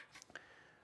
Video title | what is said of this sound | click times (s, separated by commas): FLO Cycling How To - Changing End Caps On Disc Brake Hubs | and push that until you hear a pop that means that it's secured in place | 0.4 s